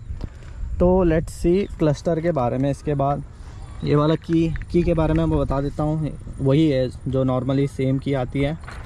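A man talks over a 2025 Honda Dio 125 Standard scooter in Grey Hound Black while handling its key in the ignition/lock switch to engage the handlebar lock. The clip ends before the lock engages, and nothing has clicked or seated yet.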